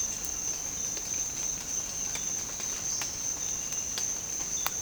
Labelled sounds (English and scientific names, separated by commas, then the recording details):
none
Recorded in secondary vegetation near Puerto Asís, Putumayo, Colombia, on 12 March 2025 at 06:30
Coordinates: 0.485, -76.322
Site G040